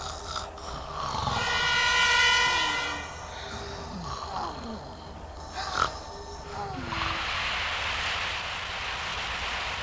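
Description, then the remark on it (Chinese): A futuristic electromagnetic train, powered by magnetism, in a Doraemon film glides along with a steady, airy hum, overlaid by a bright harmonic whine early on, a few sliding electronic tones, and a short sharp burst midway. “这么说，是电磁电动车喽？”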